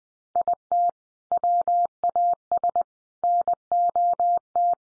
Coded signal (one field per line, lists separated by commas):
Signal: Morse code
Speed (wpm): 20 wpm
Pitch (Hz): 700 Hz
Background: none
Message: IT WAS NOT